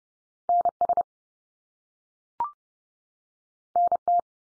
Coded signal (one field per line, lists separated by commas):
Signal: Morse code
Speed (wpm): 30 wpm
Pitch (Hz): 700 Hz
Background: none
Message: NS NT